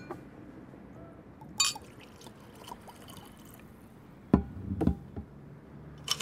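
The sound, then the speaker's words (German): Cognac trickles into a glass over a low background murmur, with a bright clink early on and two sharp glassy knocks near the end. “Du trinkst Cognac, richtig? Das ist richtig. Ich mach dir einen.”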